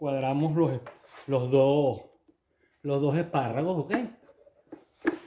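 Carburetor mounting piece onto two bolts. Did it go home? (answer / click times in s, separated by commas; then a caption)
yes / 5.1 s. Someone talks while the carburetor mounting piece for a Honda BF-50 HP 4-stroke outboard motor, fitted with its opening facing up, is pushed onto two aligned bolts. A sharp hit at 5.1 s marks the piece going home on the bolts, and it is seated.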